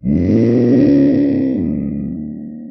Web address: big cats|cougars